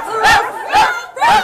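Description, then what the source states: Dog barking: three loud, sharp barks spaced about half a second apart, each a short harsh burst. Several dogs, a played recording for children.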